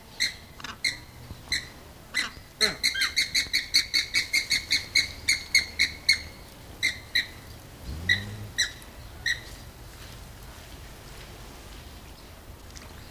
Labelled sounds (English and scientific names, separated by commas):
Andean Flamingo (Phoenicoparrus andinus) aggressive call